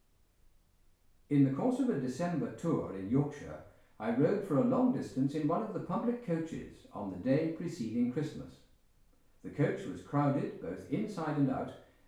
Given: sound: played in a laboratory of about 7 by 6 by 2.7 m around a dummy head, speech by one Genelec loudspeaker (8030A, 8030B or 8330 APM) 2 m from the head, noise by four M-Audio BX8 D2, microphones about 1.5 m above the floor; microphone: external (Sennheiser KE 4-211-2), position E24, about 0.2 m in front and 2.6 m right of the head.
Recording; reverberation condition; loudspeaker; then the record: male speech in English; medium; 60 degrees to the right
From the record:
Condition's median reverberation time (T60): about 510 ms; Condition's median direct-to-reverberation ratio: about -0.5 dB